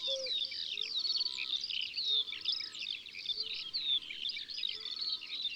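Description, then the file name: Eurasian skylark delivering a dense, jumbled stream of high warbled and trilled notes, with faint, low whistled notes appearing now and then beneath. In the countryside. "Alouette des champs Chants doiseaux dans la campagne"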